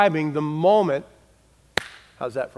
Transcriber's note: clap